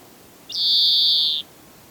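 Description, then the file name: European greenfinch giving one drawn-out, even wheezing note lasting almost a second, held steady at a high pitch, with a quiet background. "Chloris chloris"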